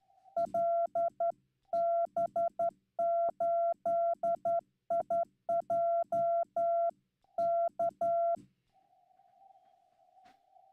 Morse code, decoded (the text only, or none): LB8IJ K